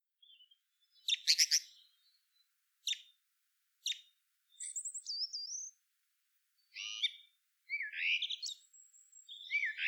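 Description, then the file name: Common blackbird singing: scattered high squeaky notes and short twitters, then several fluted whistles toward the end, separated by brief silences. "Turdus merula"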